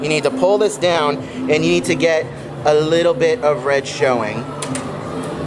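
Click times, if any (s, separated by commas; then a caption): 4.8 s. A roller coaster lap-bar restraint on a test seat is pulled down onto the seat while a man talks. A sharp ratchet click is heard at 4.8 seconds as the restraint locks with a little red showing on the indicator.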